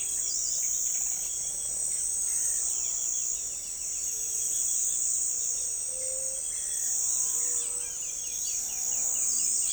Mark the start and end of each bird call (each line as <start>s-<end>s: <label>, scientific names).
5.92s-6.40s: Leptotila verreauxi
7.54s-9.73s: Furnarius leucopus
9.25s-9.63s: Tolmomyias flaviventris